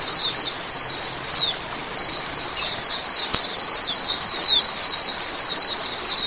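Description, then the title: Oriental magpie-robin song: continuous rapid chattering, with a few sharper accented notes breaking through the steady high twitter and one brief click. "Kicau Kacer"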